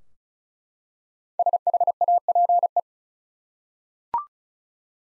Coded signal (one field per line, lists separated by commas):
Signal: Morse code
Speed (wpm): 34 wpm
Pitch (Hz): 700 Hz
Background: none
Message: SHAPE